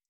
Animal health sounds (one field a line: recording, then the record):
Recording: hydrophone in a shrimp aquaculture tank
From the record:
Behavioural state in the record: stressed